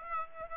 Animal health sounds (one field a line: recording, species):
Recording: mosquito wingbeat signal from an infrared sensor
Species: Aedes aegypti